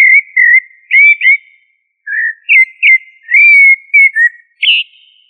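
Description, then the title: Thrush song: clear whistled phrases, short slurred and warbled notes rising and falling, delivered in bursts with brief pauses. Sabiá, family Turdidae. "Familia Turdidae - Sabia"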